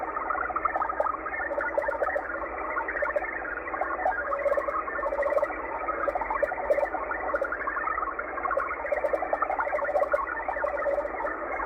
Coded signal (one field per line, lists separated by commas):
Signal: HF data modem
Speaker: there you go uh xpb out of Moscow Russia with a digital transmission